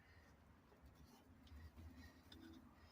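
A push-on retaining cap for the wheel of a riding lawn mower is handled at the end of the mower's axle after a tire repair, as it is worked toward being pressed on. Low rumbling and soft handling noise fill the clip, with a brief sharp tick near 2.3 s. The cap has not seated or snapped on yet.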